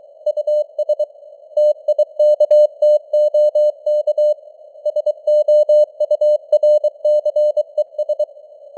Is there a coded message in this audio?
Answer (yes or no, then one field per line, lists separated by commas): yes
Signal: Morse code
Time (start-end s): 0.3-8.2 s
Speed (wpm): 23 wpm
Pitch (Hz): 600 Hz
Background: none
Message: US TIKTOK SOURCES